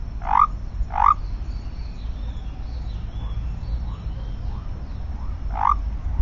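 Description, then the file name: Basin white-lipped frog giving three loud rising whistled notes, with softer whistles in between over a low rumble. "Leptodactylus mystaceus"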